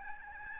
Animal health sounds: mosquito wingbeat signal from an infrared sensor; Aedes albopictus

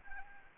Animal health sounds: mosquito wingbeat signal from an infrared sensor; Anopheles arabiensis

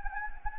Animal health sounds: mosquito wingbeat signal from an infrared sensor; Anopheles gambiae

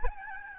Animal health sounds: mosquito wingbeat signal from an infrared sensor; Aedes albopictus

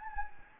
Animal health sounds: mosquito wingbeat signal from an infrared sensor; Anopheles gambiae

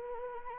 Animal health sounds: mosquito wingbeat signal from an infrared sensor; Anopheles arabiensis

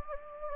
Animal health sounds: mosquito wingbeat signal from an infrared sensor; Anopheles gambiae

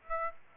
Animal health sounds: mosquito wingbeat signal from an infrared sensor; Aedes aegypti

